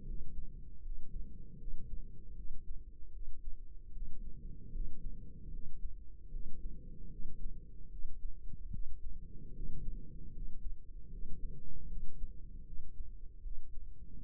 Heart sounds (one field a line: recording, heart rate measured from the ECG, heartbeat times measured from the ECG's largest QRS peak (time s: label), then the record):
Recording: heart sounds by microphone in the right ear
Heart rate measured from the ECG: 76 bpm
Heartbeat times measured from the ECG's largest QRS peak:
0.04 s: heartbeat
0.80 s: heartbeat
1.56 s: heartbeat
2.33 s: heartbeat
3.10 s: heartbeat
3.90 s: heartbeat
4.70 s: heartbeat
5.49 s: heartbeat
6.29 s: heartbeat
7.08 s: heartbeat
7.87 s: heartbeat
8.69 s: heartbeat
9.51 s: heartbeat
10.31 s: heartbeat
11.08 s: heartbeat
11.86 s: heartbeat
12.62 s: heartbeat
13.40 s: heartbeat
14.17 s: heartbeat
From the record:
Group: healthy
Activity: cold pressor test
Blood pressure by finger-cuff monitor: 124/87 mmHg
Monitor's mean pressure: 100 mmHg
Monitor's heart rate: 76 bpm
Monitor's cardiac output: 5.7 L/min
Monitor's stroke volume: 76 mL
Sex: female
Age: 32 years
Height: 172 cm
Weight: 71.7 kg